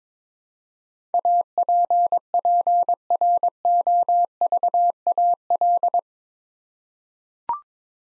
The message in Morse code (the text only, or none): APPROVAL